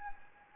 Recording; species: mosquito wingbeat signal from an infrared sensor; Anopheles gambiae